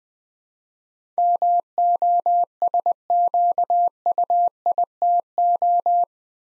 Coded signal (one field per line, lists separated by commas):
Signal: Morse code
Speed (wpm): 20 wpm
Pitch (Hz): 700 Hz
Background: none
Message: MOSQUITO